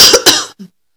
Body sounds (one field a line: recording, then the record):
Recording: coughing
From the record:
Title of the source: November cold (wet coughing)